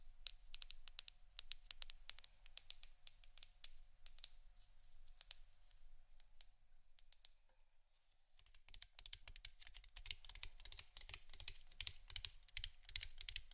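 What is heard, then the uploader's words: Rapid tapping like typing on a keyboard, crisp, pausing around seconds 7–8 before resuming denser, over a low steady hum. ASMR 2 Types Of Tapping（No Talking）.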